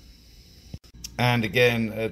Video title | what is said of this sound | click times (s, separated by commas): How To Quickly And Easily Fit Waterproof Wiring Connector Plugs #howto #fitting | and then they actually push in quite easily and you do hear them click into place | 1.1 s